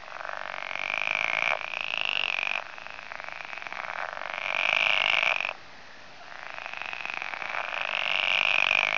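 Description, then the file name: Pool frog calling, dense rattling croaks in bursts of a few seconds, broken by short quieter gaps. "poelkikker"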